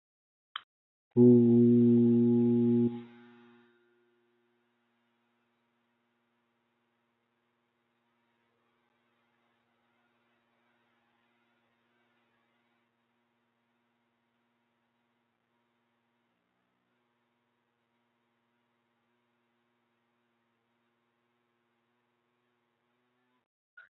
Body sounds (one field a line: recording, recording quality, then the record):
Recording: sustained vowel as in boot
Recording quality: moderate, slight background noise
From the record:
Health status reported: healthy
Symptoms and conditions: none ticked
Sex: male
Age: 28 years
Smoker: yes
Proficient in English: yes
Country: India